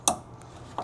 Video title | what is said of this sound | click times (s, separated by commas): Ferrari almost caught fire!? Why Every 360 Owner Needs To Check This NOW | Again, click, | 0.1 s